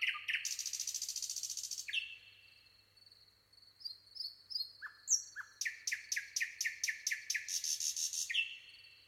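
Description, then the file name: Common nightingale: a loud harsh rattle opens, then a pause, scattered whistled notes, and a fast series of repeated sharp chirps, with a steady high whine underneath. "Luscinia megarhynchos"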